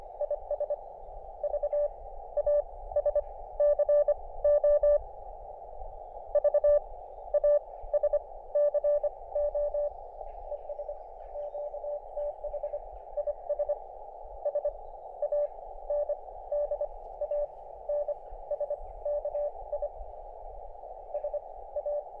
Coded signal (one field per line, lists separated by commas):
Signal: Morse code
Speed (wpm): 25 wpm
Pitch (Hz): 590 Hz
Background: none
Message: IS VASCO VASCO ES QTH IS SANDANSKI SA